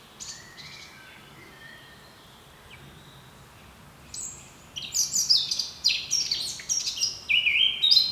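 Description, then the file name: Eurasian blackcap song: faint soft notes at first, then a loud burst of fluty, warbling phrases from about five seconds to the end. "Sylvia atricapilla"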